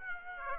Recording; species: mosquito wingbeat signal from an infrared sensor; Aedes aegypti